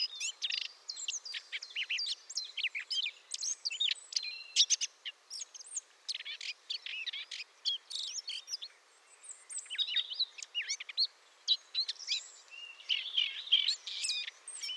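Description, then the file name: Eurasian blackcap singing a long, hurried warble of mixed chattering and whistled notes, broken by a short pause midway before resuming. "Sylvia atricapilla"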